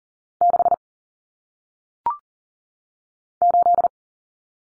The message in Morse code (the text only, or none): 6 8